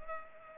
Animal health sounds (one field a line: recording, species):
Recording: mosquito wingbeat signal from an infrared sensor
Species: Culex pipiens